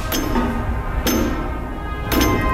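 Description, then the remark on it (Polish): A tower clock's intermediate drive mechanism, which moves every half minute: three sharp metallic clicks spaced about a second apart, sounding over a steady mechanical hum, with no talking. “To, co się poruszyło, to był napęd pośredni. Właśnie co pół minuty się taki przemieszcza.”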